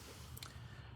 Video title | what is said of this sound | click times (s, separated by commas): Part 5 of 6 Swapping the Opus EI with Pertronix LU-147A Ignitor EI on a Lucas 45DE4 Distributor. | and it'll just click into place when you're in the right spot right there. | 0.4 s